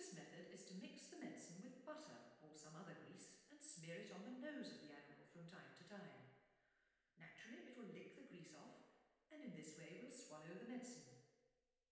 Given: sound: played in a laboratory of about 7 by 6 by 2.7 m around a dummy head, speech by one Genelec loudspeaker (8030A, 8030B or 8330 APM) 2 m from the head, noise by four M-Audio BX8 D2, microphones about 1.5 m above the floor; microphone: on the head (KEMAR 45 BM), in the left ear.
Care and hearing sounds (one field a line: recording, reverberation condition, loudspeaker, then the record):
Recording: female speech in English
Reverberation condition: high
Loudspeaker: 150 degrees to the left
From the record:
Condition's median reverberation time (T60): about 1300 ms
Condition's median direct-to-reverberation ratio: about -4.0 dB